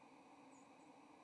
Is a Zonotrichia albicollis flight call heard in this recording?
yes